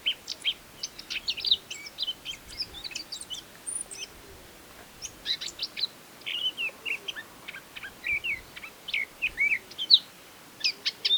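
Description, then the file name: Eurasian blackcap giving quick bursts of varied high chirps and short twittering notes, in clusters with brief pauses between them, over a faint steady background hiss. "Sylvia atricapilla"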